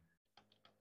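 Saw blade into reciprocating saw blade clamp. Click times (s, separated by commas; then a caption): 0.4 s. A metal reciprocating saw blade is pushed fully into the tool-free blade clamp, and the rotated locking sleeve is released so it snaps back and locks the blade in place. A sharp click at 0.4 s marks the blade seating, followed by a fainter tick and another click near 0.7 s.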